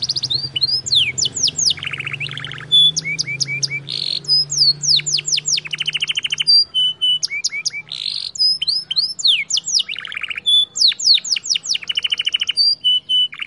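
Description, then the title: Canary song, varied and rapid: rolling trills, steep rising and falling whistles and short buzzy bursts, following one another with brief pauses; a faint low hum runs underneath. Belgian canary (Kenari AF) warm-up song with long rolling song, used as masteran tutor song so young canaries quickly sing and roll long. "Canto Para Esquentar Canário Belga. Kenari AF gacor panjang bagus untuk masteran, Kenari muda cepat gacor ngerol panjang"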